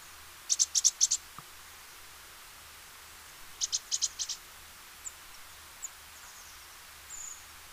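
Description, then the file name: Great tit song: two quick bursts of high, sharp paired notes, about six notes each, with a few faint chirps afterward. "Parus major"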